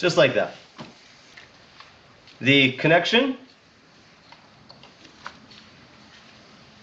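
Someone talks while handling the plastic wiring connector for the ignition coil on a Nissan Sentra 2.0, reconnecting it onto the coil after the spark plug has been installed; it is meant to click in and sit snug. Only faint, brief handling ticks follow in a quiet stretch, and nothing has seated or clicked yet.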